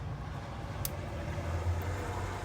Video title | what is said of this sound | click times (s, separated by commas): Laptop touchpad repair | all right so we get that into the slot and it just clicks right in | 0.9 s